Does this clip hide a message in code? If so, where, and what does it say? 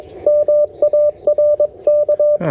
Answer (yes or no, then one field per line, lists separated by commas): yes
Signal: Morse code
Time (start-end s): 0.3-2.4 s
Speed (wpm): 22 wpm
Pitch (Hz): 590 Hz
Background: radio noise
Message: MARK